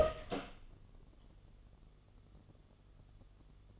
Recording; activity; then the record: daily activity, microphone in the room; open door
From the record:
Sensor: 4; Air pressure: 1015.9 hPa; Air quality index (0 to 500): 205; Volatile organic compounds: 12 ppm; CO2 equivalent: 2336 ppm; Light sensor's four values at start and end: 9/20/8/7 and 9/20/8/7